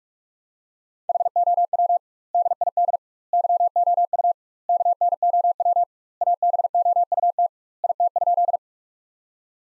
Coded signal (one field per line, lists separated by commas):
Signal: Morse code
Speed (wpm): 46 wpm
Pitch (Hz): 700 Hz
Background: none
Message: HOW DID YOU KNOW ABOUT IT?